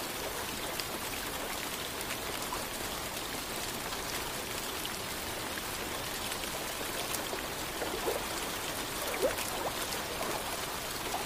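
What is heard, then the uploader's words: Gentle rain and lake water make a steady, dense hiss with soft patter and trickling throughout. The sound is fairly bright and even, with little low rumble, and a few slightly closer drips or splashes stand out around eight and nine seconds. Gentle Rain & Lake Water Sounds.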